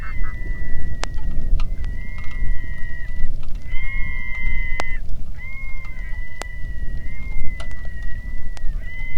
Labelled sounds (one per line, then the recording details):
waterfowl
loon
wind
rain
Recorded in the Arctic National Wildlife Refuge, Alaska, on 3 August 2019 at 09:52
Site 46